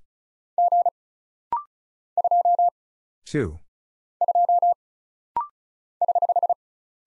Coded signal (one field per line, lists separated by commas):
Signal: Morse code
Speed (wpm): 36 wpm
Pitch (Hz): 700 Hz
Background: none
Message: G 2 2 <HH>